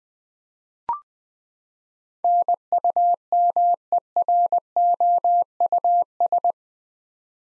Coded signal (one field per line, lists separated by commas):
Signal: Morse code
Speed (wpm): 20 wpm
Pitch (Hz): 700 Hz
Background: none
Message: NUMEROUS